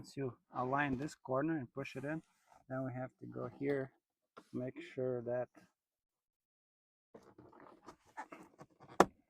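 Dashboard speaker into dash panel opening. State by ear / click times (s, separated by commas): seated / 9.0 s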